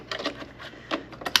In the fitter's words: okay it's clicked in you'll hear it bleep